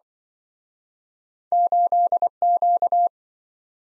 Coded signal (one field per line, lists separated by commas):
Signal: Morse code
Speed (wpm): 27 wpm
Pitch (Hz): 700 Hz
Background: none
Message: 8Q